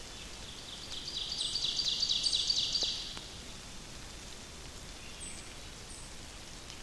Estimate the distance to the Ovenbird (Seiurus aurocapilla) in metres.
about 55 m